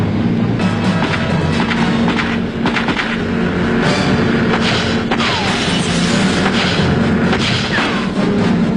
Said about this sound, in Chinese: 气愤的莱尔梅森将达利洛挟持到自己的快艇上，匆忙逃窜。他们合作与开始行动的警方在海上展开了一场激烈的枪战。